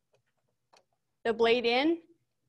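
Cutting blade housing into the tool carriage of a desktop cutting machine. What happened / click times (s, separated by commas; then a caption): The blade housing is handled but not yet clicked into its carriage / none. A cutting blade housing is handled at the tool carriage clamp of a desktop paper-cutting machine, with a faint tap around 0.8 s before someone talks. The blade has not yet been pushed home, and nothing has seated or clicked yet.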